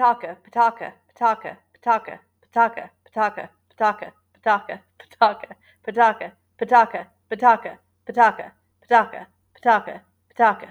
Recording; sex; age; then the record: repeated syllables /pa ta ka/; female; 30 to 39 years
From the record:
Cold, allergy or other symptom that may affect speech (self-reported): no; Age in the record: 38 years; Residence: Ohio, United States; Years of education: 21